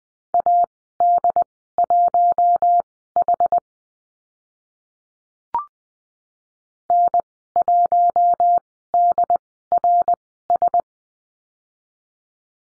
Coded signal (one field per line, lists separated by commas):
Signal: Morse code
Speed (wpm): 20 wpm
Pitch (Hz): 700 Hz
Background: none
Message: AD1H N1DRS